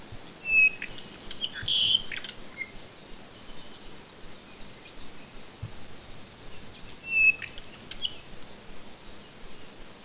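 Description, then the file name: Bird song: two brief phrases of clear, high whistled notes about six seconds apart, with a faint hiss between them. "manu birdsongs"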